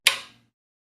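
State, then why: Seated. The plastic connector cover of a Michelin Guardian wiper blade is closed over the hook of a hook-type wiper arm, after the blade's curved connector has been slid into the hook and pulled until it stops. A single sharp, bright click lands at 0.1 s and fades out by about 0.4 s, followed by silence. The cover clicks shut and the blade is seated.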